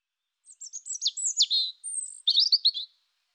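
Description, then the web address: European robin song phrase, a rapid run of very high thin whistles and sharp downward slurs, ending in a fast twittering trill. "annee nature rougegorge"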